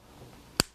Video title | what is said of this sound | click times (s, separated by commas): How to Fix My Nikon Camera With a Lens Error | put it on securely and make sure it clicks | 0.6 s